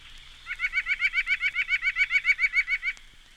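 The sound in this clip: White-breasted Nuthatch song: a rapid, steady series of many notes lasting about two and a half seconds, with a quiet background.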